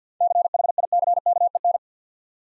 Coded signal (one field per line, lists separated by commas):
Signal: Morse code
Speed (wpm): 47 wpm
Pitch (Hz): 700 Hz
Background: none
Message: CHICKEN